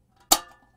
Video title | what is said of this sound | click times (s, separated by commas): Bobrick B-8397 Facial Tissue Dispenser | snaps into place and you're it's all done it's a done deal at that point | 0.3 s